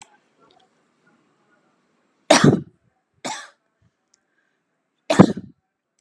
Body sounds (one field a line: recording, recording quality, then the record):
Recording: heavy voluntary cough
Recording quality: excellent, no background noise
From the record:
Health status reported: healthy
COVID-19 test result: not tested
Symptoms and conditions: none ticked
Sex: female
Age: 40 years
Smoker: not ticked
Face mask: not worn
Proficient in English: yes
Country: India